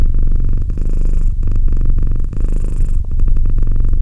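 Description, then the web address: Domestic cat giving a low, rhythmic purr, steady throbbing rumble with a few soft breaks as it breathes. "Cat Purr 201308 Cat purr"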